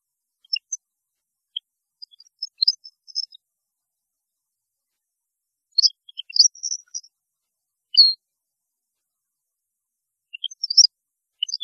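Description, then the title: European goldfinch: small songbird giving sparse high twittering notes in short scattered bursts with long gaps between them. "Chant Chardonneret"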